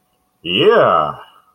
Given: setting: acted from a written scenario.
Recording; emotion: vocal sound without words; triumph